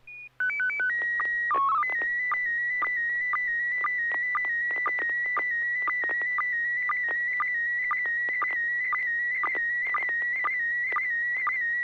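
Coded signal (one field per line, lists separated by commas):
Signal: SSTV (slow-scan television)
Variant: PD 120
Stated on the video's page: Weekly amateur SSTV net on a 441.30 MHz FM repeater, images exchanged using MMSSTV software.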